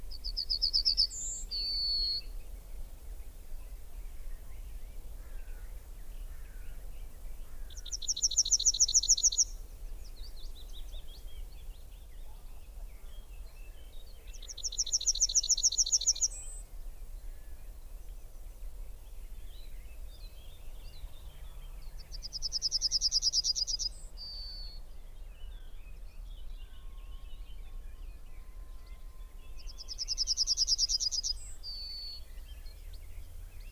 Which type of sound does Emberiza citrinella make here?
song